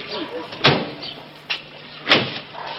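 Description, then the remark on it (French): A door is shut with a few sharp knocks and thuds, three quick bangs spaced under a second apart, over a low steady hum and faint murmuring voices. “Rien à vous dire, je ferme la porte et vous allez, allons.”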